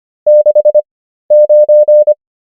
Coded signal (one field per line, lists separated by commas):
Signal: Morse code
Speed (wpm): 25 wpm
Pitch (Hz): 600 Hz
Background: none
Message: 69